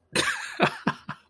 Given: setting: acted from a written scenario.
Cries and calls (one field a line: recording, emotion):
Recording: vocal sound without words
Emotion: amusement